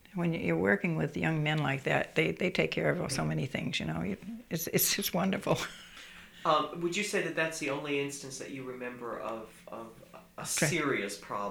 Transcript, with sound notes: when you're working with young men like that, they take care of so many things, you know. It's, it's just wonderful. (she laughs)
Would you say that's the only instance that you remember of, of a serious problem...